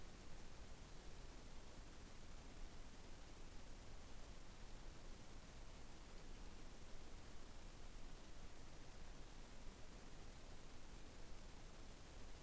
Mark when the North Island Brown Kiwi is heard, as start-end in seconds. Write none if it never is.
none